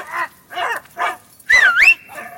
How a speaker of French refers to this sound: Les chiens, là !